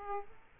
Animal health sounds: mosquito wingbeat signal from an infrared sensor; Aedes aegypti

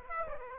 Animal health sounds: mosquito wingbeat signal from an infrared sensor; Aedes aegypti

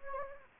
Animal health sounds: mosquito wingbeat signal from an infrared sensor; Anopheles gambiae

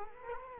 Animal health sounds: mosquito wingbeat signal from an infrared sensor; Culex quinquefasciatus

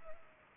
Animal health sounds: mosquito wingbeat signal from an infrared sensor; Culex pipiens

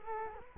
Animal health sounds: mosquito wingbeat signal from an infrared sensor; Culex quinquefasciatus

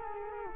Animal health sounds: mosquito wingbeat signal from an infrared sensor; Culex quinquefasciatus

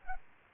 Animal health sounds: mosquito wingbeat signal from an infrared sensor; Culex pipiens

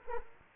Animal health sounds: mosquito wingbeat signal from an infrared sensor; Culex quinquefasciatus

